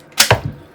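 The white release button on a TANSAR gel blaster is pressed, and the plastic magazine pops out of the blaster's plastic magazine well. Two sharp plastic clicks sound at 0.2 s and 0.3 s, followed by a faint low knock. The magazine is released.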